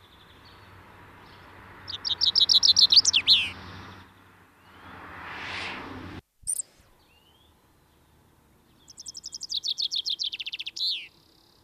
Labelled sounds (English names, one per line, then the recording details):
Common Chaffinch song
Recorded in the wild
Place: Garmisch-Partenkirchen, Bayern, DE
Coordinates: 47.5011, 11.0869
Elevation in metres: 693
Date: 1969-04-10
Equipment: Original Vollspur
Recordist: Tretzel, Erwin